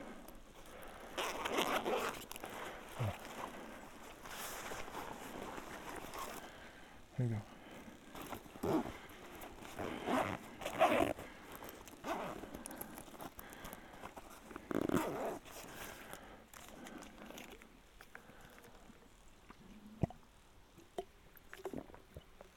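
An outdoor walk on a mountain trail, full of rustling and scuffing bursts that come every few seconds, like footsteps and movement. A faint low rumble runs underneath, and a few sharp clicks stand out near twenty seconds.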